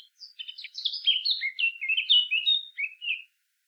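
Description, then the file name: Eurasian blackcap song: a scratchy, quick twittering start flowing into a loud, melodious warble of clear whistled notes, ending abruptly. "Sylvia atricapilla"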